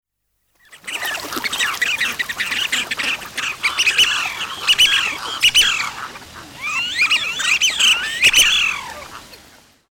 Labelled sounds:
Chiloe Wigeon
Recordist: Tembrock, Günter
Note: Rufe in der Gruppe

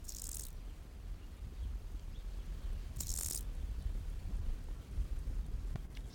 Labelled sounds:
Lesser Marsh Grasshopper stridulation
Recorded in the wild
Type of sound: stridulation
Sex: male
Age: imago
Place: Botanische Anlage Blankenfelde, Berlin, DE
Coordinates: 52.603, 13.4
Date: 1994-08-07
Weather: heiter, 20-22°C
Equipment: Marantz CP 430, Sennheiser ME 80, Kopie Uher Variocord 263
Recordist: Tembrock, Günter
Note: 2 Laute

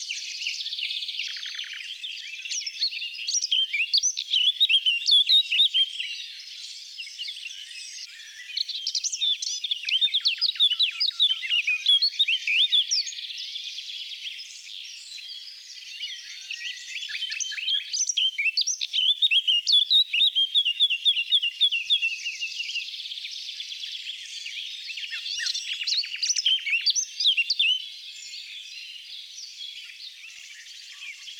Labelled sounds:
Eurasian Blackcap song
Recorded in the wild
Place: Merdingen bis Ihringen / Kaiserstuhl, Baden-Württemberg, DE
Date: 1979-06-04
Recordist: Schwarz, Dieter

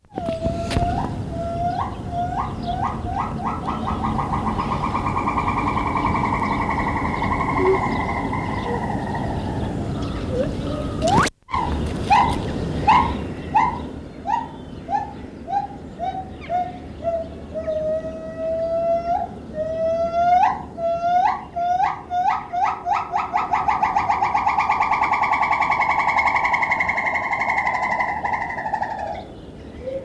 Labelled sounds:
Borneo Gibbon
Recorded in captivity
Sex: female
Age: adult
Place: Tierpark Berlin, Berlin, DE
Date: 1970-10-24
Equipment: Uher 4200 Report Stereo, Tesla Verstärker, Sennheiser MD 421, Doppelspuraufnahme
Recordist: Tembrock, Günter

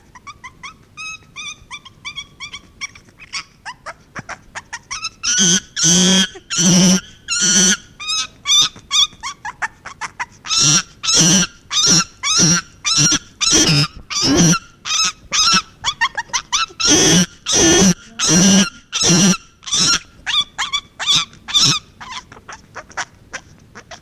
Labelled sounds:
Chimpanzee
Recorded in captivity
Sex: female
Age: juvenile
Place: Kinderklinik der Charitè, Berlin, DE
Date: 1965-02-16
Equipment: Smaragd
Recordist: unbekannt, keine Angabe
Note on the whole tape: Band S 1111 A: "Simone" 4 Wochen und 4 Tage alt, Schreien und andere Laute beim Baden und Windeln

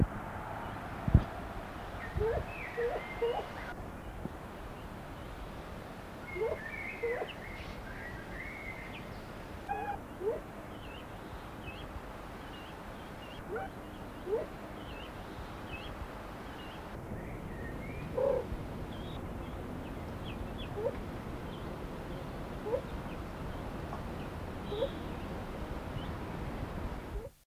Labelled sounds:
Willow Ptarmigan call
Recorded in captivity
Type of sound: call
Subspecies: scoticus
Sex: diverse
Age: diverse
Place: Vogelpark Osterode, Niedersachsen, DE
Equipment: Halbspur, 9,5 cm/s
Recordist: Lütgens, Hans
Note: Henne mit 5-tägigen Jungen

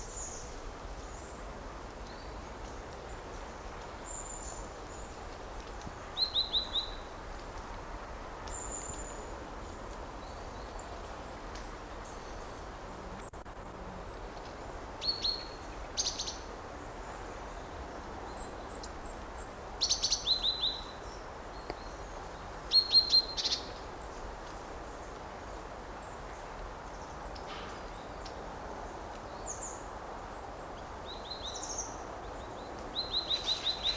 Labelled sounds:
Great Tit
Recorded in the wild
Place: Blankenfelde, Berlin, DE
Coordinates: 52.63, 13.4
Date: 1991-10-06 12:51
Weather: sonnig, Schatten: 25,3 °C, Sonne: 30,4 °C
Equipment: Marantz CP 430, Sennheiser ME 80, K 30 AV, Kopie Tesla B 116
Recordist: Tembrock, Günter

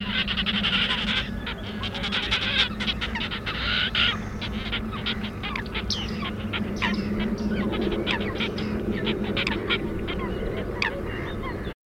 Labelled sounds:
Bearded Reedling call
Red-necked Grebe call
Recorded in the wild
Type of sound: call
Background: Podiceps grisegena
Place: Schwerin, Mecklenburg-Vorpommern, DE
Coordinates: 53.788, 11.379
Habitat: lake
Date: 1975-05-10 22:30
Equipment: Nagra III BH, Sennheiser MD 21
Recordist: Schubert, Michael
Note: 2 Rothalstaucher und Bartmeisen

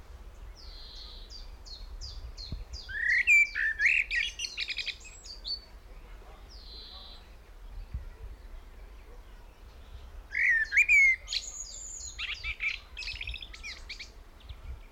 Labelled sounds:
Common Blackbird
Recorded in the wild
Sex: male
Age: adult
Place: Blankenfelde, Berlin, DE
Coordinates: 52.645, 13.395
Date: 1992-05-31
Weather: sonnig, 22-25 °C
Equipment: Marantz CP 430, Sennheiser ME 80, K 30 AV, Kopie Tesla B 116
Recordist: Tembrock, Günter

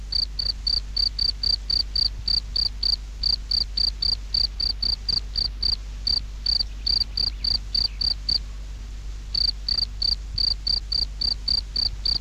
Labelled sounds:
Field Cricket
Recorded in the wild
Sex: male
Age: imago
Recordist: Meyer, Hugo

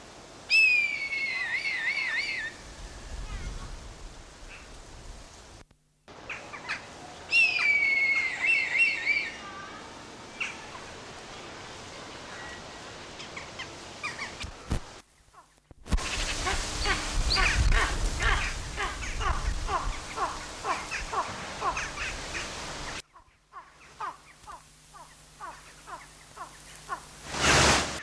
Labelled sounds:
Red Kite
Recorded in captivity
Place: Zoo Münster, Nordrhein-Westfalen, DE
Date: 1991-09-24 11:05
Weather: schwül, 22-24°C
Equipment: Marantz CP 430, Sennheiser ME 80, K 30 AV, Kopie Tesla B 116
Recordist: Tembrock, Günter

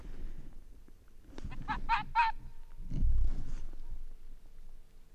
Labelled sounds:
Arctic Fox
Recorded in the wild
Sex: male
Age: adult
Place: Insel Mednyi, Kommandeur-Inseln, RU
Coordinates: 54.5167, 168.083
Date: 1999-07-23 19:36
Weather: 8°C, bedeckt, Nebel, leichter Südwestwind
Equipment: Sony WM-D6C, Sennheiser ME 80, K 30 AV, Windkorb, Kopie Tascam DA 30
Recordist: Jakupi, Antje
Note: Südosten der Insel, Bambusstange: Bellstrophe vom Robbenkamm. Eine weitere wurde nicht aufgezeichnet. Tier ist jetzt zu sehen - Rüde grün/grün 68. Ist auf Anhöhe, läuft an Westseite des Hanges entlang

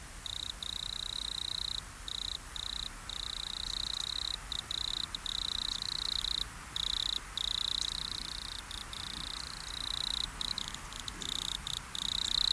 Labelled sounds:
Wood Cricket stridulation
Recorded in the wild
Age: imago
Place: Treuchtlingen, Heumöderntal, Bayern, DE
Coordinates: 48.96, 10.91
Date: 1993-09-02 10:54
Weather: sonnig 15,3° C
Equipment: Marantz CP 430, Sennheiser MKH 416 T, Kopie Uher Variocord 263
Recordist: Tembrock, Günter
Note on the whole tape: Stridulation (sehr gute Qualität)

